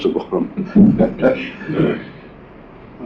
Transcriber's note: laughter